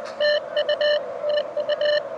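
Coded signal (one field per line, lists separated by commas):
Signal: Morse code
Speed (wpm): 21 wpm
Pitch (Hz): 590 Hz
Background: radio noise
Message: TU TU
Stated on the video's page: Park-to-park POTA CW contact by a beginner operator, calling other park activators at dusk after activating a park.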